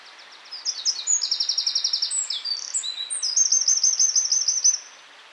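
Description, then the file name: Eurasian wren singing a loud, very high, rapid outpouring of sharp notes and fast buzzing trills, lasting about four seconds before stopping abruptly. "Troglodytes troglodytes"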